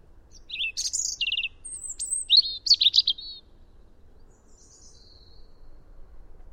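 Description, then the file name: European robin song: a burst of high, thin trills and sweet whistled notes in quick varied phrases for about three seconds, then a faint trailing phrase and quiet. "Erithacus rubecula"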